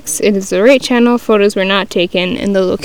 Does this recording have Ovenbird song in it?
no